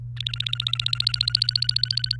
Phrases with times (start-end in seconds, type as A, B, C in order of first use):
0.17-2.16 A